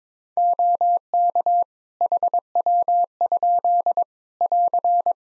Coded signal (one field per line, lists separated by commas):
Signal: Morse code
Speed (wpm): 21 wpm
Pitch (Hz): 700 Hz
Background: none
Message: OK HW? <AR>